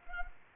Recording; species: mosquito wingbeat signal from an infrared sensor; Culex quinquefasciatus